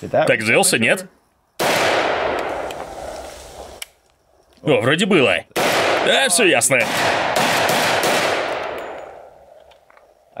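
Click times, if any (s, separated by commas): 10.4 s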